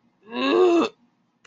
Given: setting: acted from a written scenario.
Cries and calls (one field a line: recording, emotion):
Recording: vocal sound without words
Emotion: disgust